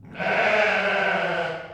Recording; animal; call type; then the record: contact call of a hoofed animal; sheep; low-frequency (closed-mouth) or high-frequency (open-mouth) call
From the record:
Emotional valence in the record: negative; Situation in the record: short social isolation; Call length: 1.74 s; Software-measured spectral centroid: 1790 Hz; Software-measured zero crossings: 2500 a second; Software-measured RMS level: -23 dBFS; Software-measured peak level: -7 dBFS